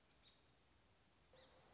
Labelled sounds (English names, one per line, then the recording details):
American Robin
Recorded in Sonoma County, California